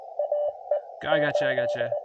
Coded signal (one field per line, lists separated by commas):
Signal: Morse code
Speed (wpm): 22 wpm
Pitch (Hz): 560 Hz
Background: speech, radio noise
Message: AE 8